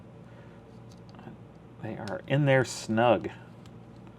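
A plastic action-figure shield with segments snapped in place is handled as it is unfolded toward full extension, with a few faint clicks and taps under low room noise while someone talks. The folding segment has not yet locked into the extended position, and nothing has seated or clicked home.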